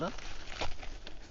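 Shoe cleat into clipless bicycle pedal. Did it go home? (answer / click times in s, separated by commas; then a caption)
no / none. Someone talks while making another attempt to clip an iced shoe cleat into a clipless bicycle pedal, with brief knocking sounds around 0.5 s and 1.1 s. The cleat almost engages but pops right back out of the pedal, and nothing has clicked or latched yet.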